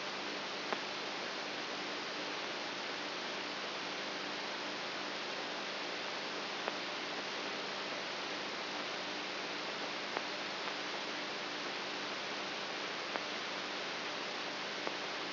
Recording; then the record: brain microelectrode recording played as sound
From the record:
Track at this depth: outside the subthalamic nucleus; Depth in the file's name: 8.5 mm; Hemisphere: right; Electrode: 3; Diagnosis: Parkinson's disease